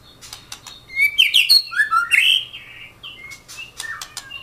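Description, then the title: Oriental magpie-robin song, bright swooping whistles and clicks in a lively phrase, tailing off into softer chirps. "Kicau Kacer"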